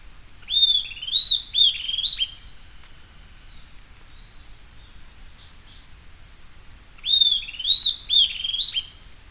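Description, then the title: Bird singing two bursts of bright whistled, slurred phrases separated by a long quiet pause with a few faint soft notes, low steady hiss beneath. "LuckyPassaro Completos2Sama"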